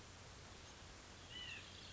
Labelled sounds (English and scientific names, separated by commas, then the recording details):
White-breasted Nuthatch (Sitta carolinensis)
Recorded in Sonoma County, California